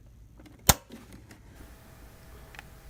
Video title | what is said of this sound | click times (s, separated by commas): Remove & Transplant Chips for HP Instant Ink Cartridge 902 934 935 564 920 Video 2 Part 2 | now it's locked | 0.7 s